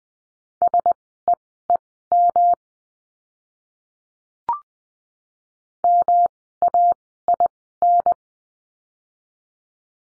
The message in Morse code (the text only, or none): SEEM MAIN